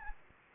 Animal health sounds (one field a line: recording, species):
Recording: mosquito wingbeat signal from an infrared sensor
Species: Anopheles gambiae